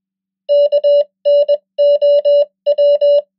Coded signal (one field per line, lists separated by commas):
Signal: Morse code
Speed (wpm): 21 wpm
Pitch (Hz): 580 Hz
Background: none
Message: KNOW